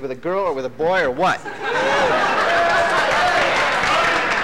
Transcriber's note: laughter